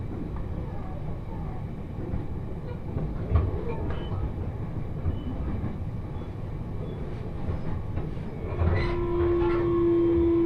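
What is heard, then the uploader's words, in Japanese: Joyo Line train ride from Sendai toward Hamayoshida: a steady low rumble of the moving train, with a sustained tone joining near the end. 鉄道旅 常磐線 仙台→浜吉田。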